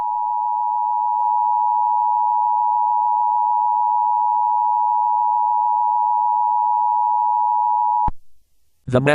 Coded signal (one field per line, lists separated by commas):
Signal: Emergency Alert System (SAME) tones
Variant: 853 and 960 Hz attention tone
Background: speech